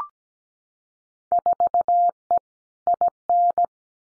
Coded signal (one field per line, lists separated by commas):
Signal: Morse code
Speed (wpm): 17 wpm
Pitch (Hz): 700 Hz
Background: none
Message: 4E IN